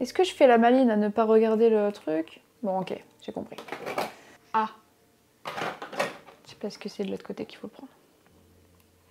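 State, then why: Not seated. A filter cartridge is handled at the side port of a Dräger X-plore 3300 half-face respirator mask for epoxy resin work while someone talks. Brief handling knocks are heard around 5.8 s and 6.0 s. The filter has not seated or clicked into the mask yet.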